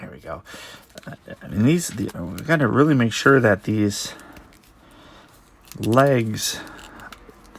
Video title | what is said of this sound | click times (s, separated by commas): Marvel Legends NEMESIS Build-a-Figure Video Review | it's like they're locked into place. | 7.1 s, 7.5 s